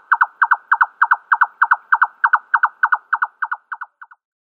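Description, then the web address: Red-necked nightjar song, a rhythmic series of hollow double knocks, about three pairs a second, fading and ending in softer notes. Male display. "Schulze Peter Red-necked Nightjar male display"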